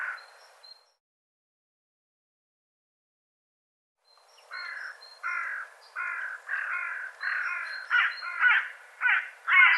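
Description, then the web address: Bird caw, then silence for several seconds, followed by an accelerating run of harsh, clipped cawing notes. "cianscape birddata"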